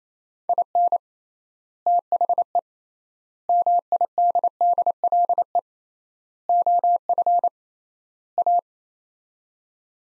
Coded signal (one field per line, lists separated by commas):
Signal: Morse code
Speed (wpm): 28 wpm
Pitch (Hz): 700 Hz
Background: none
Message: IN THE MIDDLE OF A